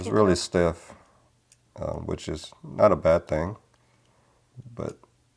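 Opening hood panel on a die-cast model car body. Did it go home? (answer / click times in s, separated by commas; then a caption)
no / none. Someone talks while working the stiff opening hood panel on a metal die-cast model car body. Only speech is heard, with brief quiet gaps between phrases. The hood is handled but nothing has seated or clicked into its detent yet.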